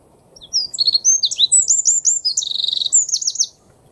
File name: Troglodytes troglodytes